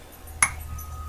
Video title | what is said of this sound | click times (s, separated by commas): Poljot 41M assembly 1 of 2 | it seems to work it snaps in place i don't know if that came over on the audio | 0.4 s